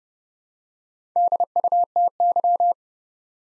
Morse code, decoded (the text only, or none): DUTY